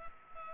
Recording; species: mosquito wingbeat signal from an infrared sensor; Culex pipiens